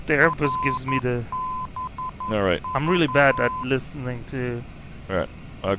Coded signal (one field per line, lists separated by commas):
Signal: Morse code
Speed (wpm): 11 wpm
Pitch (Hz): 1020 Hz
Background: speech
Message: RBV